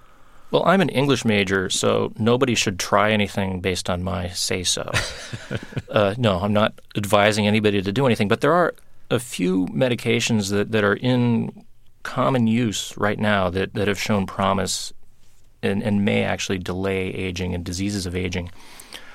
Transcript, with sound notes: Well, I'm an English major. So nobody should try anything based on my say-so.
(Laughter).
No, I'm not advising anybody to do anything. But there are a few medications that are in common use right now that have shown promise and may actually delay aging and diseases of aging.